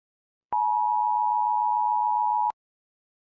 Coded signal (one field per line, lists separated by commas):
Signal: Emergency Alert System (SAME) tones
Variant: 853 and 960 Hz attention tone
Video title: The Germans Are Nuking The U.S. (EAS Scanario)